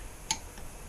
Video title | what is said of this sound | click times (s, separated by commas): 2009 ZX-10R Blow Engine Ep. 07 - Installing Pistons - Buffalo, NY | Okay, clicked. | 0.3 s